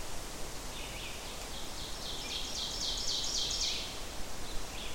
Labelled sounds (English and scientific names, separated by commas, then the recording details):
Ovenbird (Seiurus aurocapilla) song
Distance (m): 30 m
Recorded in boreal forest in Alberta, Canada, on 14 June 2016 at 08:25
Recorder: SongMeter 3, array SBT-3-33
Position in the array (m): 108 m, 136 m
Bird 21